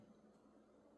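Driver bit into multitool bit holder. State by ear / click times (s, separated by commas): not seated / none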